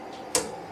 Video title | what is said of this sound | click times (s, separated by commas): Silamill N4 : Machine d'usinage vhf performante pour prothésiste dentaire (Présentation) | bien attention d'être dans l'est on entend un clic et | 0.3 s